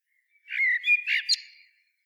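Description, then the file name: Eurasian blackbird song: one short, rich whistled phrase of a few fluty notes that ends in a sharp, high squeaky flourish. "Turdus merula"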